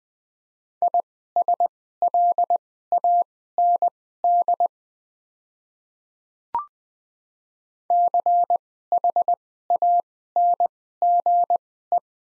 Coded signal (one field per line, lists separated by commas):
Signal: Morse code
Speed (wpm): 20 wpm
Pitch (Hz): 700 Hz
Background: none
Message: ISLAND CHANGE